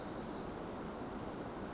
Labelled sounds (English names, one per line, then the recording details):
Pacific Wren
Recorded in Sonoma County, California